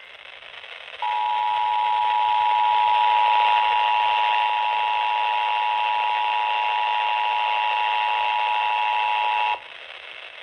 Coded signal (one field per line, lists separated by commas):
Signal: Emergency Alert System (SAME) tones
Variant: 853 and 960 Hz attention tone